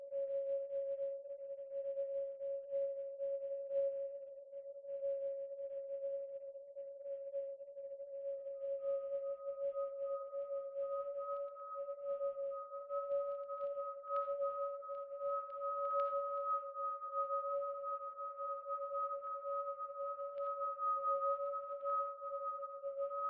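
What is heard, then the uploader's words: A digitally processed recording of Niagara Falls becomes a steady, unbroken mid-pitched tone that hums for the whole clip. Around eight seconds, a second, higher tone joins and holds alongside it. Faint, flickering crackle runs underneath, with level swells but no breaks. A three hour composition for headphones. The piece is tones, grumbles, wa-wa’s, groans, beats and other sounds created through digital signal processing of Niagara Falls.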